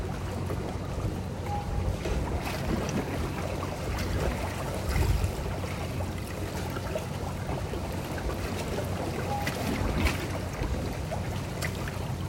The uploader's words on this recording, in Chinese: 夜晚的淡水河畔海浪。淡水河堤內凹小坡處河水拍打聲。